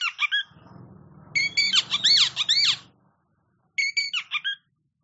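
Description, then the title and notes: Oriental magpie-robin giving squeaky, rapidly swooping notes in bursts, with a low humming sound beneath the first half and brief silence between phrases. Champion singing bird (kacer juara). "Kicau Burung Kacer Juara. Suara Kicauan Burung Kacer Juara"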